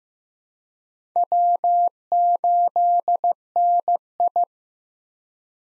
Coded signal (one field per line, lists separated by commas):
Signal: Morse code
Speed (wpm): 15 wpm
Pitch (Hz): 700 Hz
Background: none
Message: W8NI